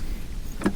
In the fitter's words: Push it till it clicks just like it did.